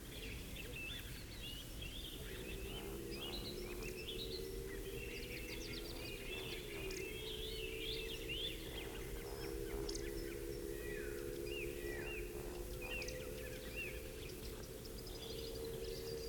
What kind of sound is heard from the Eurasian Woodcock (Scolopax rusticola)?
call